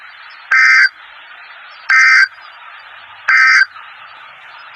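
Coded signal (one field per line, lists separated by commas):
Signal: Emergency Alert System (SAME) tones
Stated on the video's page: Tornado watch alerts received from NOAA Weather Radio station WXJ55.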